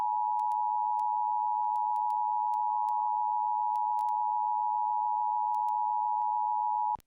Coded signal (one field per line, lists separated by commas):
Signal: Emergency Alert System (SAME) tones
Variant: 853 and 960 Hz attention tone